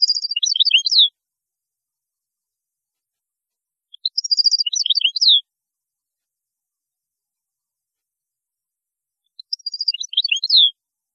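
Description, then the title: European goldfinch song, three short tinkling phrases of rapid high chirps ending in falling notes, spaced a few seconds apart. "Chant Chardonneret"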